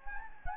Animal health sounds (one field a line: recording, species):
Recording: mosquito wingbeat signal from an infrared sensor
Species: Anopheles gambiae